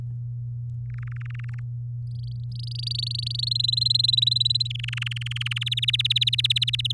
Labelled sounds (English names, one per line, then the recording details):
Domestic Canary song
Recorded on 8 May 2018 at 16:05
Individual llb16